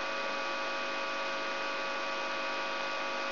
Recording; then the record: brain microelectrode recording played as sound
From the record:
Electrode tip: inside the subthalamic nucleus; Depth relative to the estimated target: -3.5 mm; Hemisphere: right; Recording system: AlphaMap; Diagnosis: Parkinson's disease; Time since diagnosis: 23 years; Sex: male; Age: 65 years